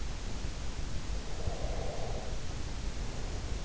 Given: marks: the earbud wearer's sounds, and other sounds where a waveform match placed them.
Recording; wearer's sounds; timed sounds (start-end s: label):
sounds in sleep by an in-ear microphone; breath
1.34-3.57 s: breath